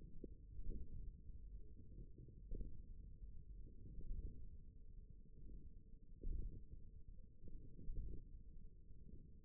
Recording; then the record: forearm muscle sounds (acoustic myography)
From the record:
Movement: radial deviation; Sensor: system 1, eight BSWA MPA416 microphones around the upper forearm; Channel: 1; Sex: male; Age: 54 years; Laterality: right